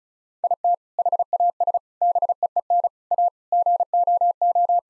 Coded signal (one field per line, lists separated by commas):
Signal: Morse code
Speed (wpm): 36 wpm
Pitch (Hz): 700 Hz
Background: none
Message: IT HAS BEEN A GOO